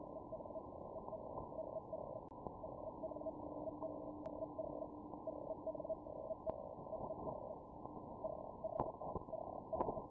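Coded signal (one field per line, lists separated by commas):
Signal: Hellschreiber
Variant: Feld Hell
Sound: faint buzzy dotted tone around 650 Hz in bursts, amid hiss and crackles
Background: radio static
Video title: feldhell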